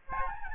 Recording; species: mosquito wingbeat signal from an infrared sensor; Aedes albopictus